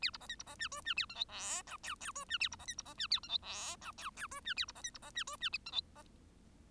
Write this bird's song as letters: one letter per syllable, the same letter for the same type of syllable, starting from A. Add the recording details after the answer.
A B C D B C E F E A G H I J K K F E A B C D B C E A G H I J K K F E A B C D B C E F E G H C. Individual Bird1